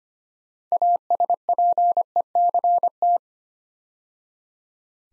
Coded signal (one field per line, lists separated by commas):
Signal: Morse code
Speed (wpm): 25 wpm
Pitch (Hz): 700 Hz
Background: none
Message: ASPECT